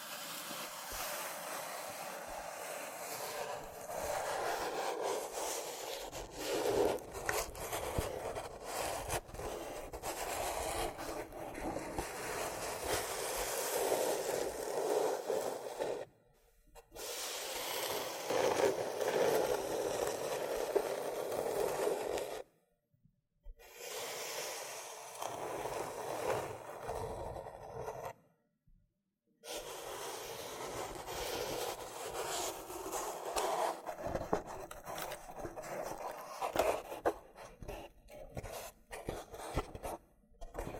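Loofah scrubbing fills the recording with a dense, continuous rough rubbing and scraping, thick in the middle range with crackly peeling and popping bits on top. The texture stays busy throughout, broken by brief near-silent gaps around 16, 23 and 29 seconds.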